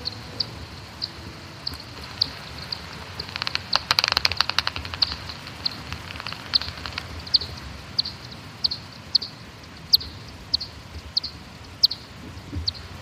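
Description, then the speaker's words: Brandt's bat echolocation calls heard as a steady series of sharp, regular clicks, with a dense crackling burst of rapid ticks in the middle. Several bats emerging from their roost in a cottage in Staffordshire woodland. "I'll leave you with the sound of Brandt's bats as they emerge from their cottage in the woodlands of Staffordshire."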